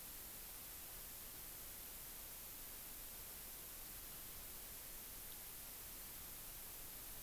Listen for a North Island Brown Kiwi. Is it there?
no